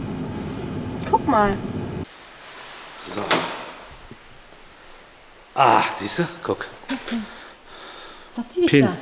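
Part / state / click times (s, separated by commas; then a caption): electrical plug on the camshaft position sensor of a car engine / seated / 3.3 s. Someone talks while the electrical connector is pressed onto the camshaft position sensor of a car's TSI engine, because the plug was suspected of not being fully in. A sharp snap sounds at 3.3 s, and the connector is pushed fully home and seated.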